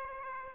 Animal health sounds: mosquito wingbeat signal from an infrared sensor; Aedes aegypti

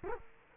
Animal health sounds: mosquito wingbeat signal from an infrared sensor; Culex quinquefasciatus

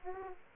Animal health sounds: mosquito wingbeat signal from an infrared sensor; Aedes aegypti

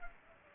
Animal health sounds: mosquito wingbeat signal from an infrared sensor; Culex pipiens

